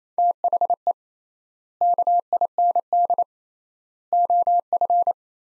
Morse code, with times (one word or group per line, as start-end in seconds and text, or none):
0.2-0.9 THE
1.8-3.2 KIND
4.1-5.1 OF